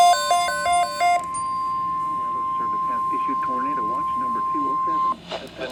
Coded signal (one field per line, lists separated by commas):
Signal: Emergency Alert System (SAME) tones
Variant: 1050 Hz attention tone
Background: speech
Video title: EAS #49-51 Tornado Watch on 3 NWR Stations